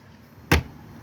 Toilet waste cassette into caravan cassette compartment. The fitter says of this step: and make sure that clicks back in there